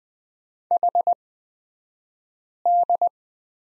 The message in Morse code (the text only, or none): HD